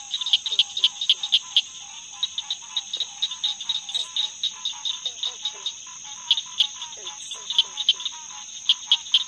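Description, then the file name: Southern cricket frog giving many clicks at an uneven pace against a steady high whine. "Acris gryllus - Southern Cricket Frog"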